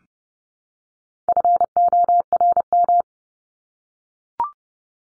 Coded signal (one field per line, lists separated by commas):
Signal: Morse code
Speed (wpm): 30 wpm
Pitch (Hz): 700 Hz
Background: none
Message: FORM